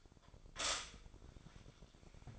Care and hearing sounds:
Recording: daily activity, microphone in the room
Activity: stop toaster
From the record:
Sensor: 5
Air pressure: 1004.3 hPa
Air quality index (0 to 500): 169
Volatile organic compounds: 4 ppm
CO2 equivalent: 1588 ppm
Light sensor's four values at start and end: 33/107/40/41 and 33/107/40/40

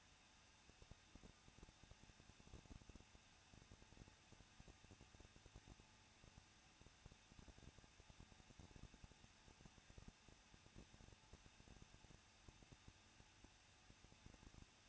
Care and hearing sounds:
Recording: daily activity, microphone in the room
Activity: no activity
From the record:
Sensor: 2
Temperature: 21.0 degrees Celsius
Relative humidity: 37.4%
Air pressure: 1006.2 hPa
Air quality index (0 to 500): 222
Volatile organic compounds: 24 ppm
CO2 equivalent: 2813 ppm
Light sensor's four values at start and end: 2/3/2/2 and 2/3/2/2

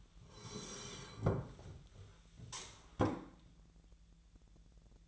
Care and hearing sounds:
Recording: daily activity, microphone in the room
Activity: sit down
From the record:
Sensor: 3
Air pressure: 1001.6 hPa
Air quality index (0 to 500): 247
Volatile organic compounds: 139 ppm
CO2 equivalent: 3974 ppm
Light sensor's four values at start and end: 13/29/12/12 and 13/29/12/13

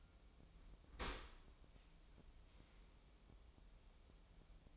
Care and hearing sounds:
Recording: daily activity, microphone in the room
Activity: open dishwasher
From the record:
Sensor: 1

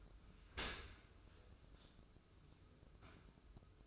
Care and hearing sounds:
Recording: daily activity, microphone in the room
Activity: open dishwasher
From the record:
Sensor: 2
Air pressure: 995.7 hPa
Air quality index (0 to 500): 96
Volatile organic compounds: 5 ppm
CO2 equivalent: 1781 ppm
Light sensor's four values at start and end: 24/78/31/29 and 24/77/30/29

